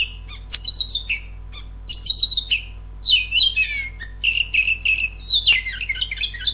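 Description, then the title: Oriental magpie-robin song: rich, varied whistled phrases with quick slurred notes and trills, delivered in short bursts separated by brief pauses, over a faint steady low hum. Masteran training recording of magpie-robin song, intended as therapy for young (bakalan) birds and for mute birds that do not sing. "Spesial Masteran Terapi Kacer Bakalan Masteran Terapi Kacer Bisu"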